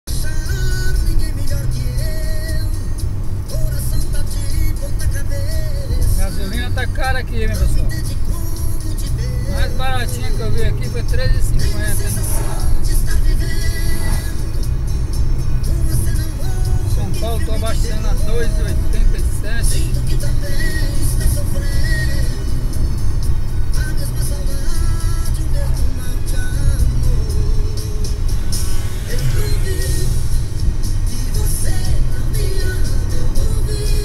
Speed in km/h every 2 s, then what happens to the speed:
86, 84, 81, 83, 86, 89, 92, 90, 90, 91, 93, 90, 89, 87, 88, 91, 95.
0-5 steady at about 84. 5-12 speeds up to 92. 12-21 steady at about 91. 21-27 slows to 87. 27-34 speeds up to 95.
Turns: none.